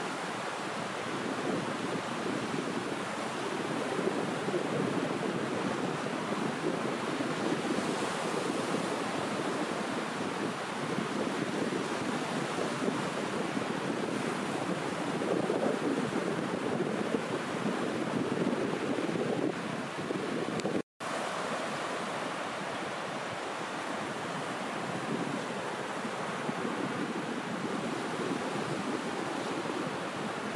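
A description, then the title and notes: Ocean waves wash against a beach in a steady, dense roar that barely rises or falls, with no distinct surges standing out. Wind seems to blow across the microphone throughout, and the sound cuts out completely for an instant around twenty-one seconds. Ocean Wave Sounds. Take a walk along this beautiful beach at sunset.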